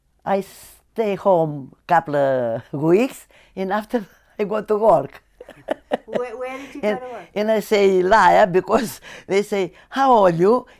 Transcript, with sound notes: I stay home a couple of weeks, and after I go to work. (she laughs )
Where did you go to work?
And I say a lie, because they say, "How are you?"